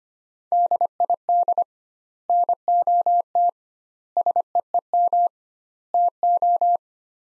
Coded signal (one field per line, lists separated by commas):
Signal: Morse code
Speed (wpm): 25 wpm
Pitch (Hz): 700 Hz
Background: none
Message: DID NOT SEEM TO